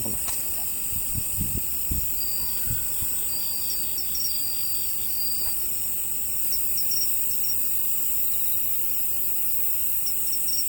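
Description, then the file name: Cricket chorus of constant shrill ringing layered with rapid pulsing trills; a few low thumps sound in the first two seconds. "crikets"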